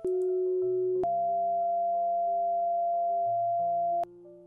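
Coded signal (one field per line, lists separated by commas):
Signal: two-tone page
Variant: Motorola Quick Call II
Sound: a steady low tone for one second, then a higher steady tone for three seconds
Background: faint background music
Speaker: once you set these two tones you can hit the Play Tone button and what you should hear is the tone and we'll test that now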